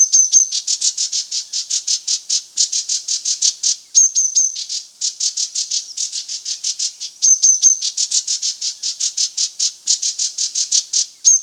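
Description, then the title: Green-backed tit producing continuous rapid buzzy high notes in bursts, with thin high whistles slipped in every few seconds. "Green-backed Tit (Parus monticolus)"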